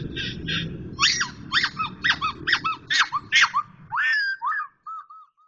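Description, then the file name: Black-throated laughingthrush song: a run of short slurred whistled notes, dropping and hooking, ending in softer fading whistles, over a low steady rumble. Indonesian title calls it poksay hongkong and labels the sound as its 'tarian' (dance) song. "suara tarian poksay hongkong"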